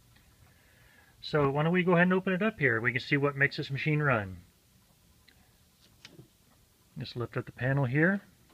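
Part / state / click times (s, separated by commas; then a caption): access panel latching open on a game kiosk cabinet / not seated / none. Someone talks while opening the access panel of a Nintendo Power Preview Station, an arcade-style game kiosk cabinet, and the panel is handled so it latches open. During a pause, faint ticks come at about 5.3 s and 6.1 s as the panel is handled, then the talking resumes. Nothing has seated or clicked into place yet.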